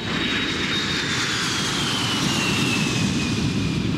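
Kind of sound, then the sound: vehicle, airplane engine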